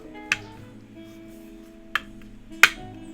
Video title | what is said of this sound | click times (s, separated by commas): Millmaxed SP-111 w/ T1 tactile switches on Brass plate Build Stream Vod | yeah you you will be able to hear the click sounds that means you see that | 0.3 s, 1.9 s, 2.6 s